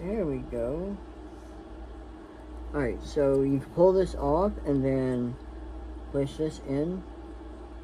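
A watch band connector is handled at the case slot of a Series 9 Apple Watch: one part is pulled off and the connector is pushed toward the slot while someone talks over a steady low hum. Nothing has seated or clicked yet by the end of the clip.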